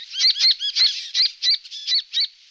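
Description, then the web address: Fuscous honeyeater calls: a quick run of about eight bright, chirpy notes, each with a squeaky peak, unevenly spaced. Recorded in a Canberra garden. "canberra-garden-birds honeyeaters fuscous-honeyeater"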